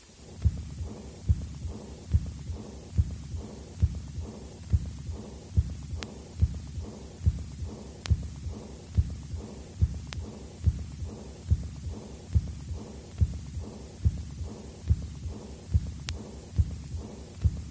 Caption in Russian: Запись, сделанную над аортой у больного аортальной недостаточностью, развившейся после перенесенного септического эндокардита почти полное отсутствие второго тона и высокочастотный дующий, убывающий диастолический шум.